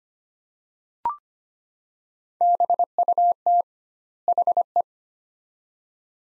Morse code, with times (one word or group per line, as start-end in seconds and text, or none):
2.4-3.6 BUT
4.3-4.8 HE